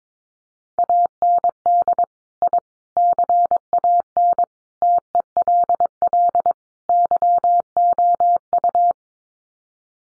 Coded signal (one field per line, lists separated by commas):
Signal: Morse code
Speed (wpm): 22 wpm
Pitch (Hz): 700 Hz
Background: none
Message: AND I CAN TELL YOU